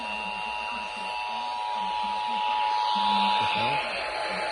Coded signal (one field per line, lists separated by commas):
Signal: Emergency Alert System (SAME) tones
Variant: 853 and 960 Hz attention tone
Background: speech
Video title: WE HAVE A DOUBLE MUCH OF SVR'S HGX... EAS Alerts From 8/4/25 (EAS#4,474 - 4,499)